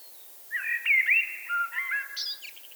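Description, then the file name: Eurasian blackbird singing a mellow, flute-like phrase of sliding whistles that ends in a burst of high, squeaky twittering notes. "Turdus merula"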